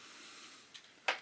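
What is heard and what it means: A test-fitted plastic taillight panel is pried back out of an AMT 1964 Pontiac GTO scale model car body, resisting at first over a steady low hiss with a faint tick near 0.7 s. It finally lets go with a sharp, loud snap at 1.1 s, and the panel is released.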